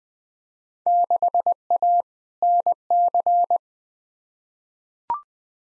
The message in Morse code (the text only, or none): 6A NC